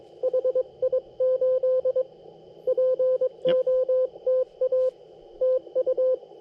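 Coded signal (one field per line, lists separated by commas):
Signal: Morse code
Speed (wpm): 22 wpm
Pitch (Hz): 510 Hz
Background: none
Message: HI8 POTA TU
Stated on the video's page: CW POTA park activation, with contacts on 60m and 80m.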